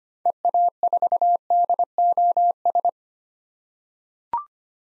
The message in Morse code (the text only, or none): EA4DOS